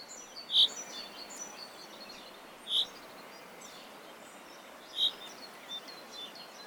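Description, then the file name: Common chaffinch call notes: three prominent short, sharp, high notes about two seconds apart, over steady background hiss. "Fringilla coelebs"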